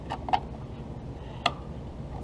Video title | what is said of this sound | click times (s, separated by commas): Installing an AUXBEAM 42" Cross Series light bar on my truck rack + GIVEAWAY!!! | there it is I got a click | 1.5 s